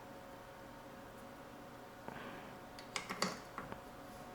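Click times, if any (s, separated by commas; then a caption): none. An audio cable jack plug is pushed into the input of a guitar effects pedal over a steady low hum, with a faint scrape around 2.1 s and a cluster of short taps and knocks between about 3.0 and 3.7 s. The plug goes in without a click, so nothing has clicked or seated audibly.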